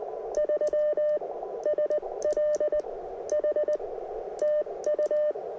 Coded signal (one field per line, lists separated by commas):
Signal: Morse code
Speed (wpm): 20 wpm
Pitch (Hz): 600 Hz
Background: radio noise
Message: 3SLH TU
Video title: POTA Activation; Wind in The Pines